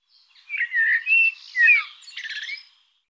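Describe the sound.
Bird calls, a short series of harsh, squawky chirps and slurred warbling notes lasting about two seconds, with a silent background.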